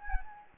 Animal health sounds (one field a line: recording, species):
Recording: mosquito wingbeat signal from an infrared sensor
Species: Anopheles gambiae